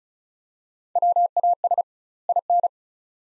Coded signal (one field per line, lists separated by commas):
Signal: Morse code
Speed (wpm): 36 wpm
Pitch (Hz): 700 Hz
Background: none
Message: WAS IN